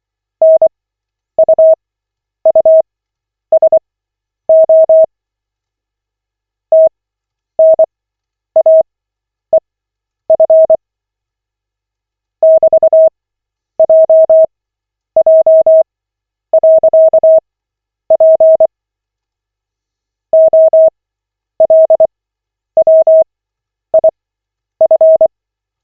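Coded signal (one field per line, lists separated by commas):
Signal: Morse code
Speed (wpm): 24 wpm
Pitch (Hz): 640 Hz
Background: none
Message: NUUSO TNAEF <BT>JJ.P OLWIF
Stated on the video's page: Koch method Morse practice session, lesson 18 of 40, generated by the LCWO website.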